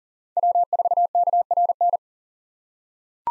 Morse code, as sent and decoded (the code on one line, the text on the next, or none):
.-- ....- -.- .-. -.
W4KRN